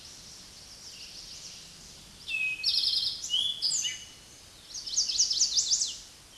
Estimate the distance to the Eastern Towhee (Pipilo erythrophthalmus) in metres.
about 5 m